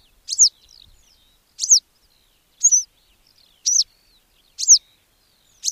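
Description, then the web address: Western yellow wagtail uttering crisp, high, descending call notes every second or so, six calls against a near-silent background. "agykontroll Madardalok Cd 3. Sárga billegető"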